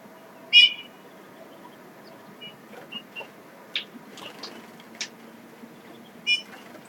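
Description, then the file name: Eurasian bullfinch calls: two short whistled notes near the start and end, with fainter scattered sounds between them. "Pyrrhula pyrrhula"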